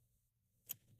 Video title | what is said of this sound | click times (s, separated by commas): Attempting to repair a NH35 | Oh, well, that's cool. Just pops right in there like that. | 0.7 s